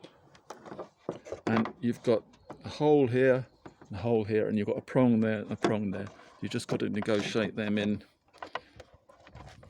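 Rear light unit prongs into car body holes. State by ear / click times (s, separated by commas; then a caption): not seated / none. A Ford Focus Mk2 rear light cluster is being handled against the car body, with its two plastic prongs being lined up with two holes while someone talks. Short faint knocks and taps of handling are heard around the speech. The unit has not clicked in or seated yet.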